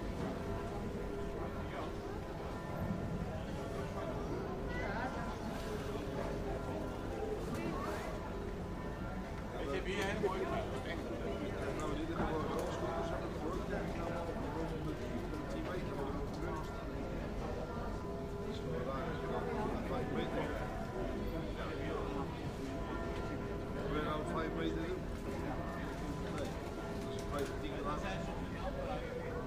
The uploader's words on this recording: The Sunday Fruit Market. We walk along and listen to the sounds of an active Fruit Market.